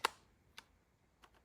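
An airsoft magazine is pushed into the polymer lower receiver magwell of an SA-C07 Core carbine replica and seats with a sharp click at 0.1 s, followed by two softer ticks at 0.6 s and 1.2 s. The click is faint and not very obvious compared with a metal-bodied gun, leaving the feel that the magazine isn't fitting even though it is seated.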